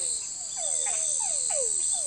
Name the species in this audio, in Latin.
none